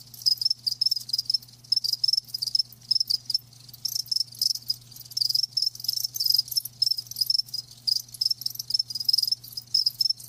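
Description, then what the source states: Cricket: high, pulsing chirps repeating rapidly in short bursts throughout, with a quiet low hum beneath. Live crickets chirping.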